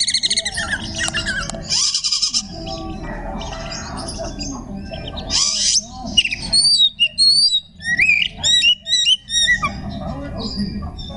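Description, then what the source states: Oriental magpie-robin song: after a noisy opening, clear rising and falling whistled phrases are repeated in quick bursts over a constant background hiss. Song in the tembakan ngekek style.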